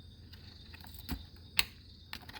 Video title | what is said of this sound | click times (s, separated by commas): How to replace the paddle shifter on a 2017 ford fusion | Just push it in till it clicks. | 1.6 s